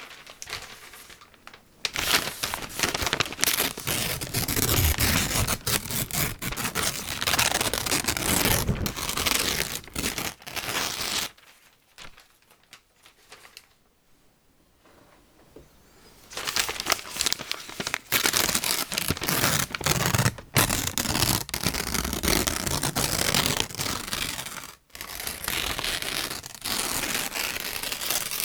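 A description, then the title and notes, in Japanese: Newspaper is crumpled, crinkled and torn, a dense, crackling rustle packed with sharp snaps. The handling runs steadily from about two seconds to eleven, pauses in near silence for several seconds, then resumes just as busily to the end. 紙の音ASMR 新聞紙をくしゃくしゃ…やぶる、しわくちゃ、丸める！paper sound。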